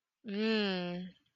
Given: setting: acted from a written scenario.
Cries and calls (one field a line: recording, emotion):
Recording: vocal sound without words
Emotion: desire